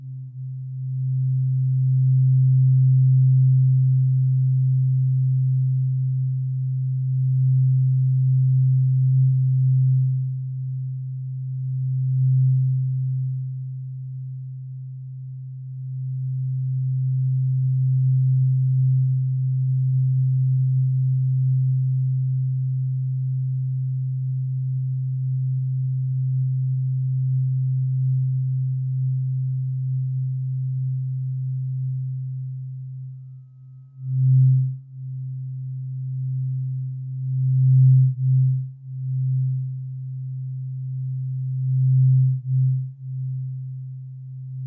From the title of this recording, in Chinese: 音叉